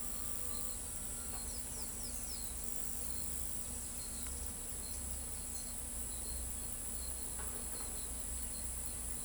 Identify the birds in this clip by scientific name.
none